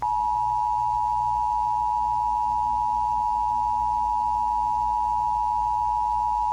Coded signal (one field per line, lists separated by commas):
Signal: Emergency Alert System (SAME) tones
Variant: 853 and 960 Hz attention tone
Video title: [EAS MINI-SCENARIO] MILLENNIUM MALFUNCTION